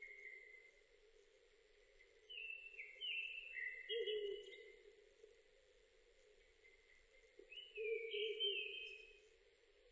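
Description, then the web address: Japanese thrush song: short slurred whistled phrases in bursts with a pause midway; a steady hum runs underneath, and a thin high whistle sounds near the start and again near the end. Recorded 7 May 2005. "2005 050507 kurotugumi"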